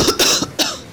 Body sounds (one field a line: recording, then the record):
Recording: coughing mixed with background sound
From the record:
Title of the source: November cold (wet coughing)